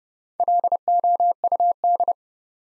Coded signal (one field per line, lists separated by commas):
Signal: Morse code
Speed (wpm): 32 wpm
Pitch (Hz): 700 Hz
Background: none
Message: LOUD